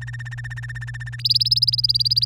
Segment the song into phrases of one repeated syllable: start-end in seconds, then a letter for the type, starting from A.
0.01-1.16 A, 1.18-2.25 B